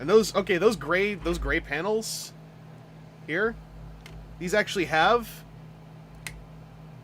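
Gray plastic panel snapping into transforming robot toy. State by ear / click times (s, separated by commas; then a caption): seated / 6.3 s. A gray plastic panel on a transforming robot toy is pressed into position. Someone talks for the first part of the clip. A single sharp click sounds at 6.3 seconds as the panel seats firmly.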